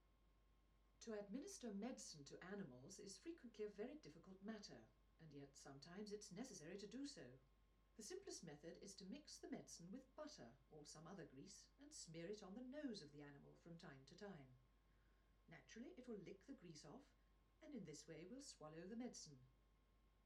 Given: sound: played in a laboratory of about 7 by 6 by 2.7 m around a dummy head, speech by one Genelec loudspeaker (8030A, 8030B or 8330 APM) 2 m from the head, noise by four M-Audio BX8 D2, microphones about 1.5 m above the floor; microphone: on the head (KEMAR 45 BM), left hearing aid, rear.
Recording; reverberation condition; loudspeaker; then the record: female speech in English; low; in front (0 degrees)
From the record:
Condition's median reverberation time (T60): about 310 ms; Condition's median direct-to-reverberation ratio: about 3.5 dB